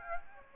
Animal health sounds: mosquito wingbeat signal from an infrared sensor; Aedes aegypti

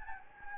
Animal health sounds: mosquito wingbeat signal from an infrared sensor; Anopheles gambiae

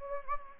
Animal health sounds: mosquito wingbeat signal from an infrared sensor; Anopheles gambiae

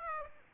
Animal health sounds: mosquito wingbeat signal from an infrared sensor; Aedes aegypti

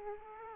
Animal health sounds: mosquito wingbeat signal from an infrared sensor; Aedes aegypti

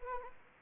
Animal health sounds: mosquito wingbeat signal from an infrared sensor; Anopheles arabiensis

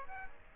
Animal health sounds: mosquito wingbeat signal from an infrared sensor; Aedes aegypti

